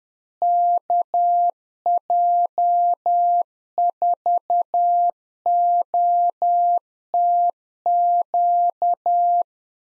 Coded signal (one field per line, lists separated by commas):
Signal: Morse code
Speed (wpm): 10 wpm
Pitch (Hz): 700 Hz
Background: none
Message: KJ4OTQ